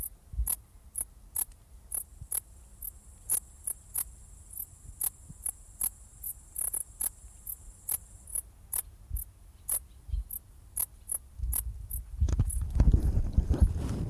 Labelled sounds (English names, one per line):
Dark Bush-cricket stridulation